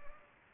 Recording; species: mosquito wingbeat signal from an infrared sensor; Anopheles gambiae